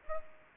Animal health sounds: mosquito wingbeat signal from an infrared sensor; Aedes aegypti

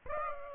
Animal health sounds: mosquito wingbeat signal from an infrared sensor; Aedes aegypti

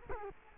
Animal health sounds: mosquito wingbeat signal from an infrared sensor; Culex quinquefasciatus

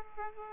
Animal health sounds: mosquito wingbeat signal from an infrared sensor; Aedes aegypti

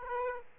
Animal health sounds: mosquito wingbeat signal from an infrared sensor; Aedes aegypti

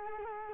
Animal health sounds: mosquito wingbeat signal from an infrared sensor; Culex quinquefasciatus

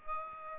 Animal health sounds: mosquito wingbeat signal from an infrared sensor; Aedes aegypti

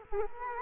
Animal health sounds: mosquito wingbeat signal from an infrared sensor; Culex quinquefasciatus

